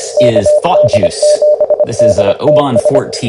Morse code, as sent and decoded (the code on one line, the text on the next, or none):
-.- -.. --... -.. - ...
KD7DTS